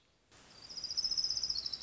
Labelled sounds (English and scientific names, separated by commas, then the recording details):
Orange-crowned Warbler (Leiothlypis celata)
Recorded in Sonoma County, California